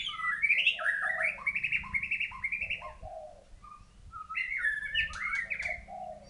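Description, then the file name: White-rumped shama song with rich fluty whistles and harsher chattering notes, a short lull, then another burst of rapid varied phrases over a low hum. Thailand. "suara murai thailand"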